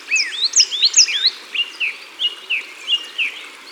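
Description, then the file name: Coal tit song, quick high slurred notes followed by a steady series of short falling whistles, repeated about three times a second. Recorded at the water's edge. "Mesange noire Au bord de leau"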